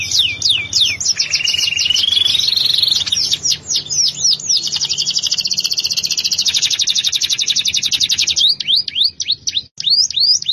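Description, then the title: Canary singing high sweeping notes and a rising whistled glide, then a long, very fast rattling trill lasting several seconds before the sweeping notes return. "Kenari"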